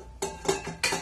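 A metal mixing bowl is turned on the base of a dried-rose KitchenAid Artisan stand mixer, with the mixer head lowered, to fit it into place. Three sharp metallic knocks are heard at about 0.2, 0.5 and 0.9 seconds as the bowl is handled. Nothing has seated or locked into the base yet.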